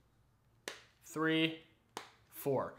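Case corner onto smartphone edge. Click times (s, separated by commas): 0.7 s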